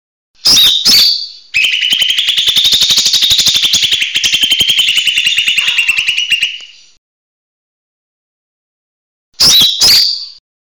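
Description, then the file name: Leafbird song: whistled slurs followed by a long rapid rattling trill of about five seconds, then a pause and two more whistled notes. For training songbirds; song style named "tembakan besetan". "audio cucak hijau mini tembakan besetan omkicau"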